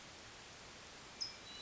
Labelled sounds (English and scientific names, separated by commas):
California Towhee (Melozone crissalis)